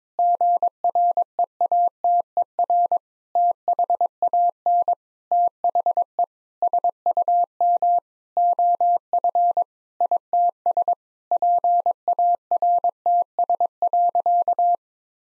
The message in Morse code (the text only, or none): GREATER THAN THE SUM OF ITS PARTS.